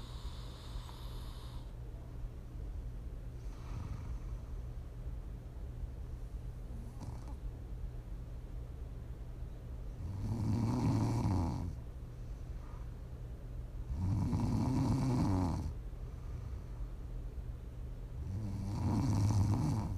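Quiet, soft breathing gives way to three loud, low, rumbling snores in the second half, about four seconds apart, roughly 15 breaths a minute. This is ordinary sleep snoring.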